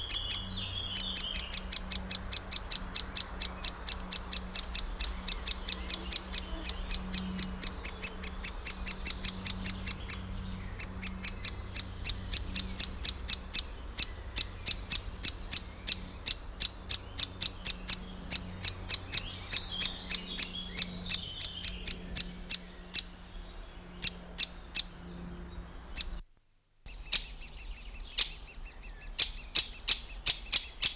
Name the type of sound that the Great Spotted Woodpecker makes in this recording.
call